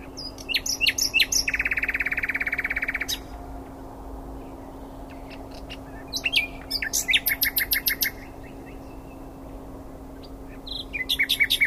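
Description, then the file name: Common nightingale song: fast repeated notes, a sustained buzzy trill, then more rapid rattling phrases after pauses; low background hum. "Luscinia megarhynchos"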